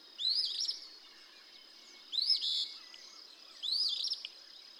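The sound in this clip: Eastern phoebe song, three phrases: each starts with a thin upward slur and breaks into a harsh buzz; a high continuous tone runs underneath.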